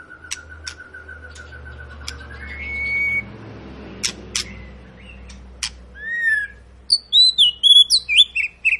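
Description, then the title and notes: White-rumped shama: songbird singing: a long steady whistle that rises and holds, then sharp clicks and varied slurred whistled notes, ending in a quick run of rich warbled phrases. Long lure song (pancingan) of a shama singing vigorously (gacor), meant to prompt other birds to sing. "Murai Batu Gacor Panjang. muraiku"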